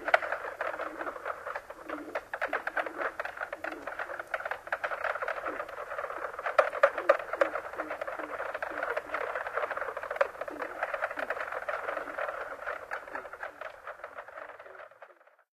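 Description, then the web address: Mink frog chorus of dense, rapid knocking clucks overlapping continuously, a busy rattling patter that holds steady before fading out at the end. North America. "Songs of Frogs Toads of North America. Mink Frog"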